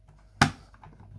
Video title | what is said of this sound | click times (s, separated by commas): Spartan knitting machine parts, servicing the silver reed knitmaster pattern drums | that's the click you want to hear okay right there | 0.4 s